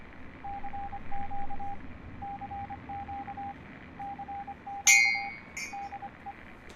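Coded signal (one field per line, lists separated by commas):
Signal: Morse code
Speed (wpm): 25 wpm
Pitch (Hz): 800 Hz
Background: none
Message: CQ CQ CQ DE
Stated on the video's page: Part of the game Fallout 3, set in the Capital Wasteland.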